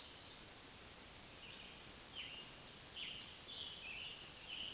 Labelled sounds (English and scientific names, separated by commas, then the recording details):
Scarlet Tanager (Piranga olivacea) song
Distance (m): 65 m
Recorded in a Pennsylvania forest on 1 June 2023 at 08:08
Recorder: AudioMoth, point grid3_32_high
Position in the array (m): 165 m, 141 m